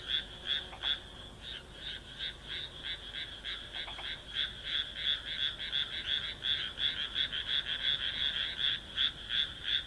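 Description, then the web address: Frog croaking in a rapid pulsing series, about three croaks a second, with a few brief clicks. "kaeru kaeru"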